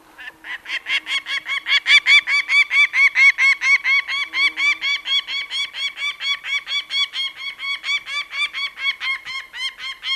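Peregrine falcon giving a harsh, rapid cacking call of loud repeated notes.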